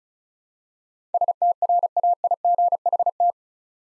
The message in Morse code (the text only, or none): STRAIGHT